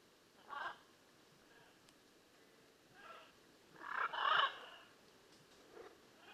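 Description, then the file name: Blue-and-yellow macaw calls: a short harsh squawk, then a longer, louder raucous burst, with quiet gaps between. "Blue and yellow Macaw Ara ararauna"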